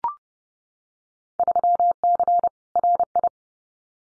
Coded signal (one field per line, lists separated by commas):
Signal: Morse code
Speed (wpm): 30 wpm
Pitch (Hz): 700 Hz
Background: none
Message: 3C RI